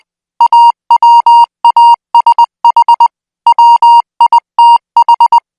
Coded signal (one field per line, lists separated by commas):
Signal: Morse code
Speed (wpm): 20 wpm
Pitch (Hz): 940 Hz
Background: music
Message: AWASH WITH